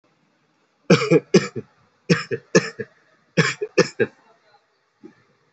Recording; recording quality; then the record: shallow voluntary cough; excellent, no background noise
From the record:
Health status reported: COVID-19 positive, mild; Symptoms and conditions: loss of smell and taste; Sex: male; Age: 22 years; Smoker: not ticked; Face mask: worn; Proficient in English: yes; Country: India